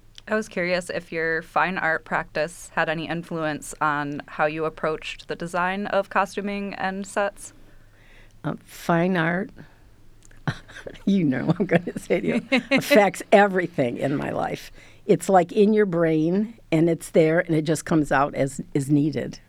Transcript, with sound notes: I was curious if your fine art practice had any influence on how you approached the design of costuming and sets? [LAUGHTER]
You know what I'm going to say to you. It affects everything in my life. It's like in your brain, and it's there, and it just comes out as needed.